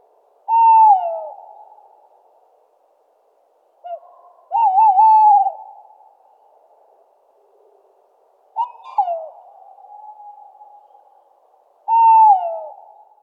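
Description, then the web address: Tawny owl repeating tremulous hoots and falling slurred notes, each trailing away, with brief short notes between the calls. Recorded in Luxembourg. "rapaces-nocturnes-au-luxembourg chouette-hulotte"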